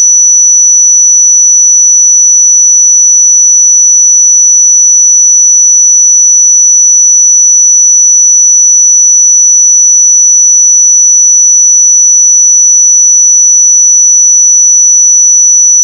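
A pure sine tone at 5930 Hz holds perfectly steady for the full sixteen seconds, a single thin, bright whistle with no wavering in pitch or loudness. Nothing else sounds behind it; the silence around the tone is complete.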